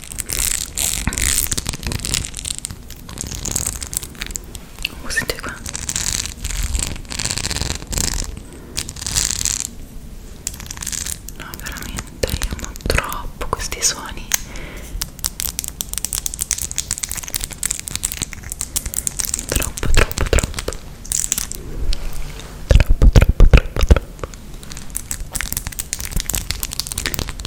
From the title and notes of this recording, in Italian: ASMR con le unghie lunghissime. In questo episodio ho indossato delle unghie finte molto lunghe.